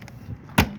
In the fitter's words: it back into that handle clicks back in there